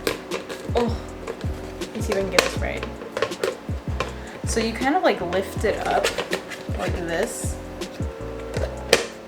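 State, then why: Seated. A hinged lid is lifted on a small plastic storage box and pressed closed until it latches, snapping in place with a sharp click at 8.9 s. Someone talks throughout over background music, with several lighter plastic taps and knocks before the lid seats.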